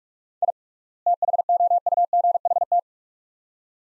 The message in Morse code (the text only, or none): I THOUGHT